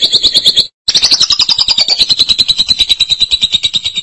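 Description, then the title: Lovebird chatter: a short fast trill, a brief break, then a long high rattling trill that gradually falls in pitch. "BM Suara Burung Lovebird"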